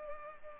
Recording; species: mosquito wingbeat signal from an infrared sensor; Culex pipiens